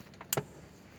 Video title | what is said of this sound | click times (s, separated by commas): TUGA PRAKTEK SESI 4 SENSOR AKTUATOR SARTONO SMK NEGERI 2 SALATIGA | Ya udah Sampai bunyi klik setelah kita pasang semua komponen | 0.3 s